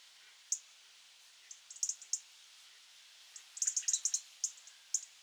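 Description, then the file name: European robin giving scattered, high, sharp tick notes, single and in loose clusters, over a faint hiss of background noise. "Erithacus rubecula"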